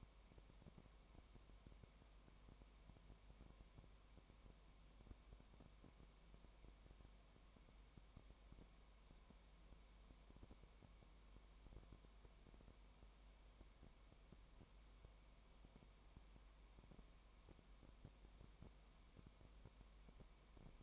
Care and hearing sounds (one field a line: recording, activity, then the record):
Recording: daily activity, microphone in the room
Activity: no activity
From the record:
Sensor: 1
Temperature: 19.1 degrees Celsius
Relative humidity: 34.1%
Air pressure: 1001.3 hPa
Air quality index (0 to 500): 82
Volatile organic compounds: 1 ppm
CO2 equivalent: 822 ppm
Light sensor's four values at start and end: 1/2/1/1 and 1/2/1/1